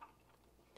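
A plastic turret part, removed just before, is pressed back onto the body of a Gridiron Studios MPAC-46 Upper Equalizer plastic action-figure vehicle. Quiet handling noise is followed by a short, sharp plastic tick at 0.8 s. The part has not seated or clicked into place yet.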